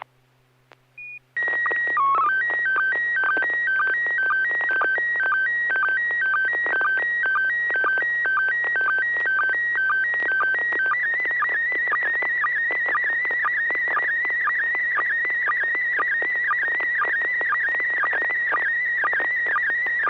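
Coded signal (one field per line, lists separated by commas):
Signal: SSTV (slow-scan television)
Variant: PD120 mode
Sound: short header tones, then a continuous warbling tone with regular clicks twice a second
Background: low hum, radio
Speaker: yeah good tone go for it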